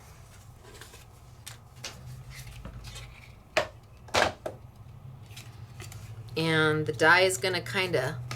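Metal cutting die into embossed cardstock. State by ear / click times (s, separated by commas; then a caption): not seated / none. A metal cutting die is handled over embossed cardstock, with soft taps and light clicks scattered through the clip while someone talks. The die has not yet snapped into the raised embossing, and nothing has seated by the end.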